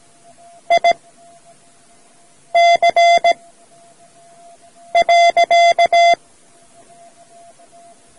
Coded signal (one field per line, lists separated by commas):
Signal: Morse code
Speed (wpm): 17 wpm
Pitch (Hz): 690 Hz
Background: none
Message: I C .